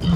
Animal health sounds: pig call; growing-finishing pig (85 days or more)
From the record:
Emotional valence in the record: positive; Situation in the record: run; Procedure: transit

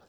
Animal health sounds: pig call; piglet (1 to 25 days)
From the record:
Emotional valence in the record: positive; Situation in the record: short reunion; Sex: male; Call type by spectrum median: low-frequency call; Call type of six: low-frequency tonal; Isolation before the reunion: 3 minutes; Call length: 0.09 s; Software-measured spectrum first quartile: 492 Hz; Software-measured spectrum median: 938 Hz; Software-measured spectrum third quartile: 2640 Hz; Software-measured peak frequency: 513 Hz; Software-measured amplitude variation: 69 dB a second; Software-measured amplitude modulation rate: 5.7 a second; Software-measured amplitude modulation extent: 12.1 dB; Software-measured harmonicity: -0.6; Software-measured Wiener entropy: -1.44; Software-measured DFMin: 946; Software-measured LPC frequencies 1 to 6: 663, 1415, 3504, 4285, 4986, 5737 Hz

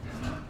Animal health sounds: pig call; growing-finishing pig (85 days or more)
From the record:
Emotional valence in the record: positive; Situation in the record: run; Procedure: transit

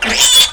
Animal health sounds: pig call; piglet (1 to 25 days)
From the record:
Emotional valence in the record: negative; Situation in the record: crushing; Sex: female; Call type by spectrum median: high-frequency call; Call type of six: high-frequency stable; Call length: 0.54 s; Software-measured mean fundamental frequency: 248 Hz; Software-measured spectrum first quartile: 3097 Hz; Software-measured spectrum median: 4429 Hz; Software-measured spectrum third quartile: 7352 Hz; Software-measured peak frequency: 3424 Hz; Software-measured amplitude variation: 107 dB a second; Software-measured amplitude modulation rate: 17.7 a second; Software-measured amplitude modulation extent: 6.0 dB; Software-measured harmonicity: 3.8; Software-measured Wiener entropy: -1.96

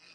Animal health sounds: pig call; piglet (1 to 25 days)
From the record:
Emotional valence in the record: positive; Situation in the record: reunion after long isolation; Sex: female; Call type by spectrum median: high-frequency call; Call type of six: low-frequency tonal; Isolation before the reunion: 8 minutes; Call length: 0.15 s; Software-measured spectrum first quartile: 2192 Hz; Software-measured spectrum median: 3363 Hz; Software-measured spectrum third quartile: 4832 Hz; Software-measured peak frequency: 2487 Hz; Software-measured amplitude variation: 75 dB a second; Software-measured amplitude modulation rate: 30.7 a second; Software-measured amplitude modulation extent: 2.4 dB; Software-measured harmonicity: 0.6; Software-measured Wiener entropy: -0.95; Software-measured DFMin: 735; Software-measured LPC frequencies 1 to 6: 1590, 2542, 4075, 4828, 8667, 9809 Hz

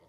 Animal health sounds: pig call; piglet (1 to 25 days)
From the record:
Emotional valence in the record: positive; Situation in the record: short reunion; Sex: female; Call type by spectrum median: low-frequency call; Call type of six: low-frequency stable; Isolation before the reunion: 3 minutes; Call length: 0.09 s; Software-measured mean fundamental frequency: 46 Hz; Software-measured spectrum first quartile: 376 Hz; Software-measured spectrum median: 644 Hz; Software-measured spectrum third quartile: 1748 Hz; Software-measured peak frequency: 518 Hz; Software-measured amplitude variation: 34 dB a second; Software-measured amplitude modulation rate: 5.7 a second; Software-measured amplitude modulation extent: 5.9 dB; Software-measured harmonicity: -0.2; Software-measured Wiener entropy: -1.18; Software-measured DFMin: 950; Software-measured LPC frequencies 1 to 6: 542, 941, 2046, 3248, 4553, 5303 Hz

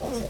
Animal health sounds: pig call; piglet (1 to 25 days)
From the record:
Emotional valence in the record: positive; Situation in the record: after nursing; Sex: male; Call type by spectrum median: low-frequency call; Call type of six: low-frequency stable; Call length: 0.30 s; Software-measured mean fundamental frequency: 55 Hz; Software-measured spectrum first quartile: 328 Hz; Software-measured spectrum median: 604 Hz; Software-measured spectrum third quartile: 2072 Hz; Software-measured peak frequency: 483 Hz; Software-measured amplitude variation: 101 dB a second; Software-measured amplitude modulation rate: 21.3 a second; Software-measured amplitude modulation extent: 4.7 dB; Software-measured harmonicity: 3.4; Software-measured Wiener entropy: -2.36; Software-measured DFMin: 915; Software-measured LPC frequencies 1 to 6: 529, 2070, 3433, 5546, 6372, 7878 Hz

